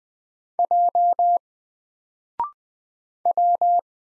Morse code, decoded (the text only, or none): J W